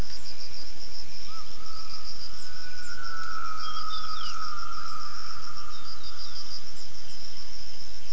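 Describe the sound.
Gibbon call: one long, steady hooting note held for several seconds, set against a constant high buzz of insects.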